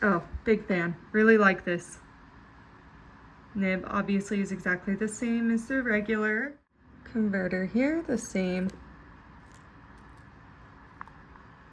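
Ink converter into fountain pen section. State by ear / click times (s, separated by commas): seated / 11.0 s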